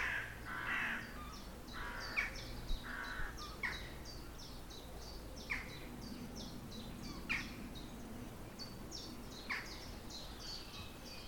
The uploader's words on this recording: I made the recordings on a walk from home on Udimore Road to the Rye Harbour Nature Reserve a few days ago. Recordings made around Rye. Mostly just the wildlife.